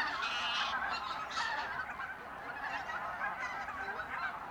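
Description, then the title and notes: Goose: geese honking in a crowded flock, a constant rough chorus with some higher, louder calls near the start. Geese at re-naturalised Polder Glies, Sellstedt, Germany, 9 November 2020; binaural ORTF with two t.bone SC 140 microphones, Rycote windjammer, TASCAM DR100 MK3. "Oies - Geese. Enregistrement binaural d'oiseaux dans la zone re-naturalisé de Polder Glies, Sellstedt, Allemagne. Enregistré le 09 Novembre 2020"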